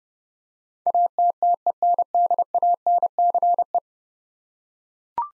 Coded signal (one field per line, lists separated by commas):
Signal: Morse code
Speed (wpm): 31 wpm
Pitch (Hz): 700 Hz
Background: none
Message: ATTENDANCE